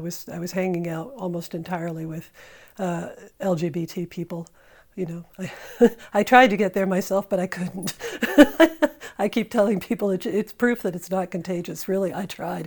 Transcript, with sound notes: I was hanging out almost entirely with LGBT people, you know. I tried to get there myself, but I couldn't. [laughter] I keep telling people it's proof that it's not contagious. Really, I tried.